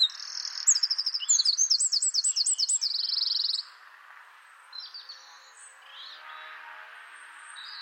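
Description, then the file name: Eurasian wren song: a fast, shrill burst of trills and zigzag notes ending in a dense rattle, followed by faint high notes against a soft low hiss. "Troglodytes troglodytes"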